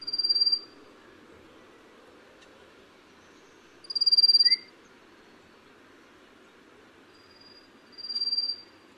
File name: 棕面鶯